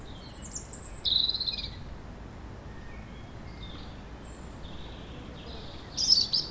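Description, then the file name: European robin song: a couple of piercing high whistles at the start, a quiet gap, then a short bright trill near the end, with faint hiss throughout. "Erithacus rubecula"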